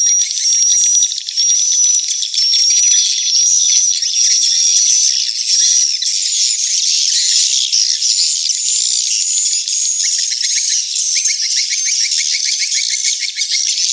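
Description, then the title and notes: Swiftlets twitter in a dense high chorus; thin whistled notes early, then buzzy chatter thickens, and rapid clicking pulses appear near the end. Swiftlet house lure sound from the AKAU brand, Tien Giang, Vietnam. "Am thanh nha yen Akau Vietnam - Tien giang. Những âm thanh chim yến thuộc thương hiệu AKAU"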